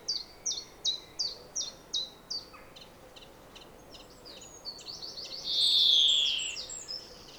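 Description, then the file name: European greenfinch calls: a run of short, sharp descending chips in quick succession, then a drawn-out, buzzy wheezing note near the end, over faint background hiss. "Chloris chloris"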